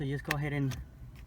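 A new shift indicator bezel for a 2008 VW Beetle is handled over the center console opening, ready to be pushed down until its plastic clips snap home. Someone talks while a few brief handling noises are heard, including a faint tap near 1.2 seconds. Nothing has seated or clicked yet.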